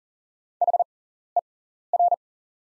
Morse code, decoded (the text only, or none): HER